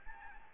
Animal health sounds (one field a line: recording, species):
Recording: mosquito wingbeat signal from an infrared sensor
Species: Anopheles gambiae